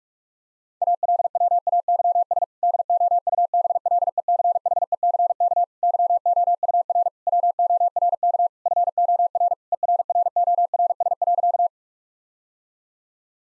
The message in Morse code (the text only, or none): ALWAYS DOUBLECHECK YOUR WORK FOR ERRORS.